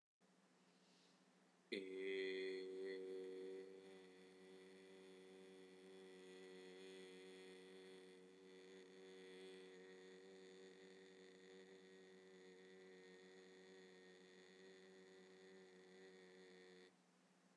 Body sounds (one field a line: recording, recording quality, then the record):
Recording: sustained vowel as in made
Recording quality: excellent, no background noise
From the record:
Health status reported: healthy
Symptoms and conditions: none ticked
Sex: male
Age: 25 years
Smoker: not ticked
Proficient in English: yes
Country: India